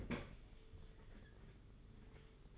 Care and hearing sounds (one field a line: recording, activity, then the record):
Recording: daily activity, microphone in the room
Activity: open fridge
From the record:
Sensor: 4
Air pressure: 991.7 hPa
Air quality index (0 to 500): 108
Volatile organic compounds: 17 ppm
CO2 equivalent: 2569 ppm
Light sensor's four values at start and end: 19/64/23/24 and 19/62/23/23